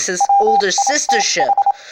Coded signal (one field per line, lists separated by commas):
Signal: Morse code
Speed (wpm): 27 wpm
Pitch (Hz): 800 Hz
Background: speech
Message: WITH